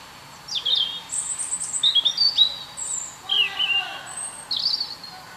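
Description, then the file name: European robin song, a varied string of high, thin whistled notes sliding up and down, with brief jumbled twitters between them. "Erithacus rubecula"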